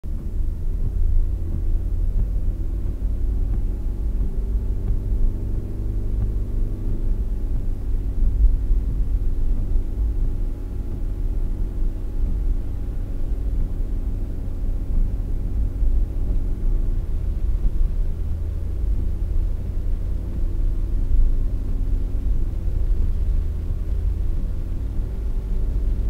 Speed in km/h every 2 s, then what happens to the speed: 29, 34, 38, 42, 43, 45, 47, 49, 49, 49, 50, 50, 51.
0-26 speeds up to 51.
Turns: none.